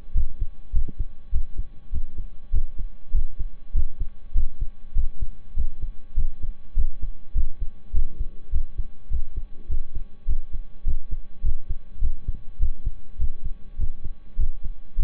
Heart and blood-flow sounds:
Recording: heart sounds by stethoscope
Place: between the tricuspid and mitral areas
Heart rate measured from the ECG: 101 bpm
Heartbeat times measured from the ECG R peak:
0.12 s: heartbeat
0.70 s: heartbeat
1.29 s: heartbeat
1.89 s: heartbeat
2.50 s: heartbeat
3.10 s: heartbeat
3.71 s: heartbeat
4.32 s: heartbeat
4.92 s: heartbeat
5.53 s: heartbeat
6.14 s: heartbeat
6.73 s: heartbeat
7.32 s: heartbeat
7.90 s: heartbeat
8.49 s: heartbeat
9.07 s: heartbeat
9.66 s: heartbeat
10.24 s: heartbeat
10.82 s: heartbeat
11.40 s: heartbeat
11.98 s: heartbeat
12.56 s: heartbeat
13.16 s: heartbeat
13.75 s: heartbeat
14.35 s: heartbeat
14.94 s: heartbeat
From the record:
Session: slow and fast walking with breaks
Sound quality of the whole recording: saturated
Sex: male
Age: 25 years

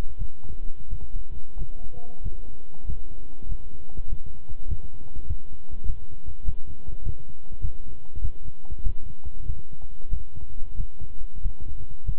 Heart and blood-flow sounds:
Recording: heart sounds by stethoscope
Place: between the tricuspid and mitral areas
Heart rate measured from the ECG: 96 bpm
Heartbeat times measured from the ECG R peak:
0.17 s: heartbeat
0.88 s: heartbeat
1.56 s: heartbeat
2.21 s: heartbeat
2.84 s: heartbeat
3.46 s: heartbeat
4.07 s: heartbeat
4.67 s: heartbeat
5.25 s: heartbeat
5.84 s: heartbeat
6.43 s: heartbeat
7.02 s: heartbeat
7.60 s: heartbeat
8.20 s: heartbeat
8.82 s: heartbeat
9.45 s: heartbeat
10.09 s: heartbeat
10.75 s: heartbeat
11.41 s: heartbeat
12.04 s: heartbeat
From the record:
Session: walking at 3.7 km/h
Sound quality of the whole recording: good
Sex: male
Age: 26 years

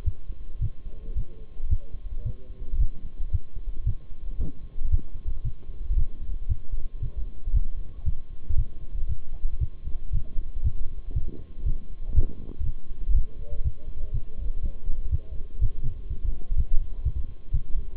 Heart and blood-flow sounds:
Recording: heart sounds by stethoscope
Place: between the tricuspid and mitral areas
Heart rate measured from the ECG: 117 bpm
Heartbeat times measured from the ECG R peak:
0.06 s: heartbeat
0.62 s: heartbeat
1.17 s: heartbeat
1.71 s: heartbeat
2.26 s: heartbeat
2.80 s: heartbeat
3.33 s: heartbeat
3.87 s: heartbeat
4.40 s: heartbeat
4.92 s: heartbeat
5.45 s: heartbeat
5.97 s: heartbeat
6.50 s: heartbeat
7.02 s: heartbeat
7.55 s: heartbeat
8.06 s: heartbeat
8.58 s: heartbeat
9.09 s: heartbeat
9.61 s: heartbeat
10.13 s: heartbeat
10.64 s: heartbeat
11.16 s: heartbeat
11.66 s: heartbeat
12.16 s: heartbeat
12.66 s: heartbeat
13.16 s: heartbeat
13.65 s: heartbeat
14.14 s: heartbeat
14.63 s: heartbeat
15.12 s: heartbeat
15.62 s: heartbeat
16.10 s: heartbeat
16.58 s: heartbeat
17.05 s: heartbeat
17.54 s: heartbeat
From the record:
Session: Bruce protocol treadmill stress test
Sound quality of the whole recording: partially saturated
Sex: male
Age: 23 years

